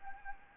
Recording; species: mosquito wingbeat signal from an infrared sensor; Anopheles arabiensis